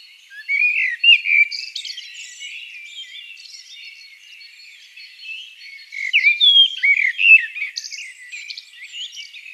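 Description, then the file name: Eurasian blackbird song with two bursts of looping fluty notes and squeaky flourishes, roughly five seconds apart. "Turdus merula"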